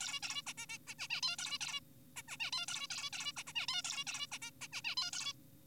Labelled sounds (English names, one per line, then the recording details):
Zebra Finch
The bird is an adult
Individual g4p5U